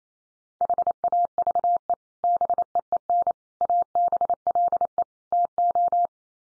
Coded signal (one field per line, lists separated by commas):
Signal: Morse code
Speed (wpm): 28 wpm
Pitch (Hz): 700 Hz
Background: none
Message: HAVE BEEN ABLE TO